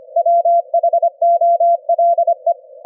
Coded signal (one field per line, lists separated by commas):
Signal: Morse code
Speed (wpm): 25 wpm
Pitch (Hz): 680 Hz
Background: none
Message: WHOLE